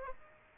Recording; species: mosquito wingbeat signal from an infrared sensor; Aedes aegypti